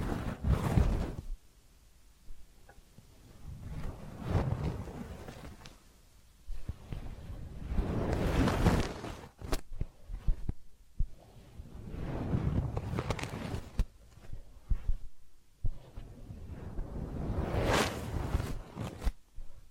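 Massage and ear cleaning sounds: slow, swelling rubbing strokes recur about every four seconds, with scattered soft taps and crackles between them.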